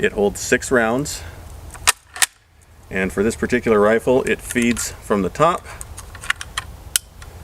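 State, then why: Seated. A six-round en-bloc clip is pushed down from the top into the magazine well of an Italian M38 Carcano 7.35x51 bolt-action rifle while someone talks. Several sharp metallic clicks and knocks come in the pauses between speech. A final sharp click at 7.0 s marks the clip locking into place.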